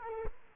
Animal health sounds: mosquito wingbeat signal from an infrared sensor; Culex quinquefasciatus

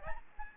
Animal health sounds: mosquito wingbeat signal from an infrared sensor; Aedes albopictus

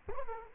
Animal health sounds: mosquito wingbeat signal from an infrared sensor; Culex quinquefasciatus

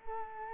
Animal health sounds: mosquito wingbeat signal from an infrared sensor; Culex quinquefasciatus

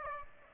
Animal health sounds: mosquito wingbeat signal from an infrared sensor; Aedes aegypti

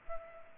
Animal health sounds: mosquito wingbeat signal from an infrared sensor; Culex pipiens

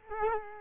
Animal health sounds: mosquito wingbeat signal from an infrared sensor; Culex quinquefasciatus

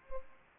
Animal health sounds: mosquito wingbeat signal from an infrared sensor; Culex pipiens

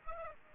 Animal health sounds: mosquito wingbeat signal from an infrared sensor; Aedes aegypti

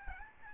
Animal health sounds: mosquito wingbeat signal from an infrared sensor; Aedes albopictus

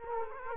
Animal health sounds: mosquito wingbeat signal from an infrared sensor; Culex quinquefasciatus

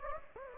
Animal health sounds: mosquito wingbeat signal from an infrared sensor; Anopheles gambiae

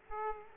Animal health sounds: mosquito wingbeat signal from an infrared sensor; Aedes aegypti

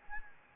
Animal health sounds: mosquito wingbeat signal from an infrared sensor; Anopheles gambiae

